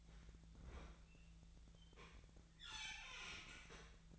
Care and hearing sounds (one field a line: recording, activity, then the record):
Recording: daily activity, microphone in the room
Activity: open fridge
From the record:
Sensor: 3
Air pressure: 1009.6 hPa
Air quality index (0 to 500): 194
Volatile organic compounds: 16 ppm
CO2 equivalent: 2524 ppm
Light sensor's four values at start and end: 35/87/37/40 and 35/88/38/40